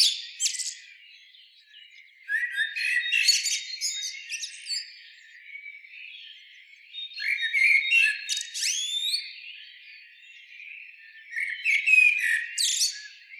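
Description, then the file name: Common blackbird song in several separated phrases, each a warble ending in sharp high squeaky twitters, with softer chatter between. "Turdus merula"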